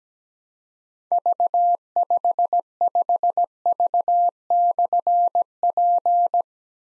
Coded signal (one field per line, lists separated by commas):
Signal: Morse code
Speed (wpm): 17 wpm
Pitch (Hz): 700 Hz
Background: none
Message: V55V/P